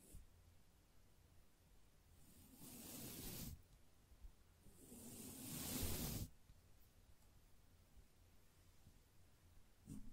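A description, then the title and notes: Gentle brushing, heard as two soft, airy strokes. The first builds from about two seconds and ends abruptly near three and a half; the second swells from about four and a half seconds and stops sharply past six. A faint tap lands near the end, over a low, steady hum. ASMR Gently Brushing Your Brain (No Talking).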